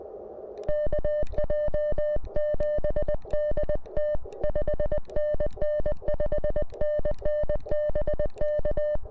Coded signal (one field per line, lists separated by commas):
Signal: Morse code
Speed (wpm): 20 wpm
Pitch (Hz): 1800 Hz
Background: music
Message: KJ7DT 5NN 5NN BK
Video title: KM4CFT Activates POTA with the CFT1